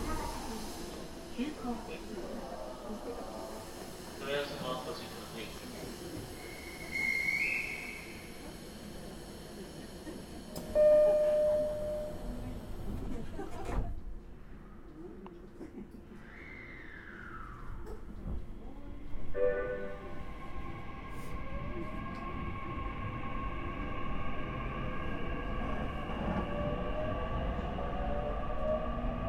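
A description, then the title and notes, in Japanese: Running sound from inside a Nishitetsu 9000 series express train: a steady low rumble of wheels throughout, with brief chimes or tones near 7 and 11 seconds. A sharp clack at 14 seconds, a rising motor whine around 17, then a steady bright hum from about 19 seconds. 西日本鉄道 9000系電車の走行音です。天神大牟田線の急行電車で録音しました。薬院から二日市まで（前編 春日原まで）。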